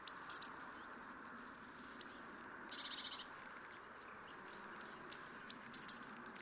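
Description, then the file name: Eurasian blue tit calls: sharp high thin notes with short downslurred tails and a brief buzzy burst between them, over faint background noise. "Cyanistes caeruleus"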